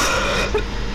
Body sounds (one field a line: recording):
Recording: coughing mixed with background sound